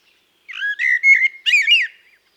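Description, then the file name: Common blackbird giving a single brief song phrase: a low mellow fluted whistle that turns into a higher twittering flourish. "Turdus merula"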